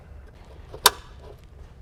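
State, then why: Seated. On a Lincoln Mark VII, the new air spring's plastic locking collar is lined up with the notch, slid into the suspension housing and rotated clockwise. At 0.9 s there is one sharp, bright click as the collar's spring clip locks, seating the air spring collar in the housing. The rest is quiet low-frequency background.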